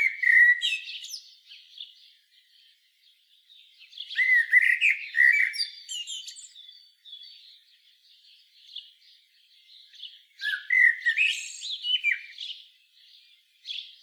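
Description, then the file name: Common blackbird song: three separate fluted warbling phrases, each trailing into squeaky high twitters, with quiet gaps of soft twittering between them. "Turdus merula"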